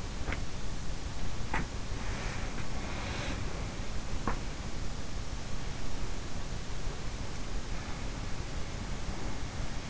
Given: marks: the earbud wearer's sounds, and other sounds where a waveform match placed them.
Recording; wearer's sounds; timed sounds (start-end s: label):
sounds in sleep by an in-ear microphone; teeth grinding
0.00-5.03 s: teeth grinding